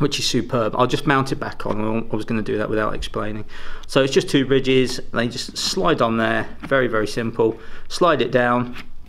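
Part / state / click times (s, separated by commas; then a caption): motorcycle HUD unit onto its helmet mount / not seated / none. A man talks while handling a Nuviz motorcycle head-up display unit, starting to slide it down onto the two bridges of its helmet mount. Nothing has seated or clicked yet by the end of the clip.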